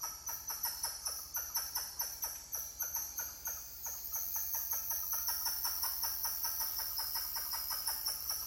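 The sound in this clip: Titi monkey calling in a long, steady run of short pumping notes, with a constant shrill insect chorus behind.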